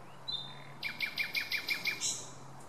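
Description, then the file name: Common nightingale song: a thin high whistle, then a rapid series of about seven sharp, evenly spaced notes ending in a brief high flourish. "Luscinia megarhynchos"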